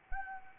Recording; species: mosquito wingbeat signal from an infrared sensor; Anopheles gambiae